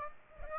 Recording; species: mosquito wingbeat signal from an infrared sensor; Aedes aegypti